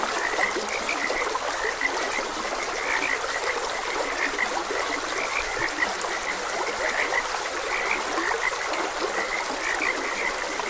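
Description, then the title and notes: Many frogs croak together in quick repeated pulses while a stream babbles steadily underneath. Frogs croaking beside a gentle stream. "Gentle Stream and Frogs Croaking. Sleep and Relaxation Podcast"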